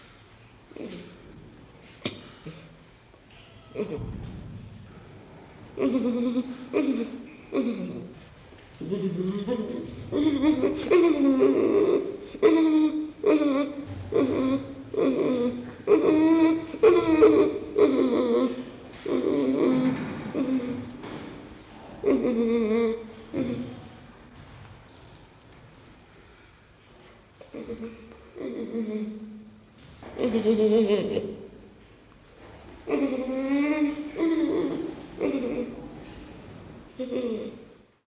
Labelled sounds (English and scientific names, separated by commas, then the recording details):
Western Gorilla (Gorilla gorilla)
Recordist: Tembrock, Günter